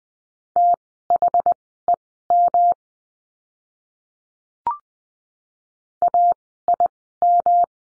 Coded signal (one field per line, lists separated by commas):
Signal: Morse code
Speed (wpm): 20 wpm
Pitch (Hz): 700 Hz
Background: none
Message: THEM AIM